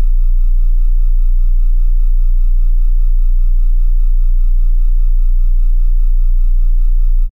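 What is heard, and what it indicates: A steady, unbroken low hum with faint high ringing tones holds at the same pitch and loudness for about seven seconds. It is a simulation of tinnitus, the constant ringing or humming a person hears without any outside sound.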